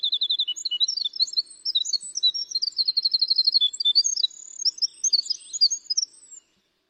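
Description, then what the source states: Winter Wren song: a long, rapid, tumbling run of very high tinkling notes and trills, changing pitch constantly for about six seconds, then silence. Beautiful flute-like song of the tiniest wren, played from tape on the radio.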